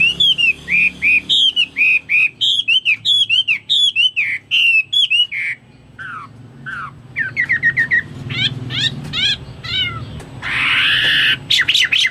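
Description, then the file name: Chinese hwamei song: loud, varied whistled phrases, repeated rising and falling notes around mid-high pitch, later buzzy chattering and a harsh burst near the end. "omkicau hwamei"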